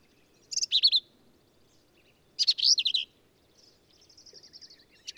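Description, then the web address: Black-capped vireo giving short scratchy song phrases, two quick bursts of harsh slurred notes about two seconds apart, followed by a faint thin buzzy trill. "birdsongforthecurious songs Black-capped Vireo"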